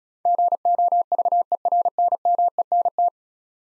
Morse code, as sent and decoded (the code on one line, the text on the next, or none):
--. --- ...- . .-. -. -- . -. -
GOVERNMENT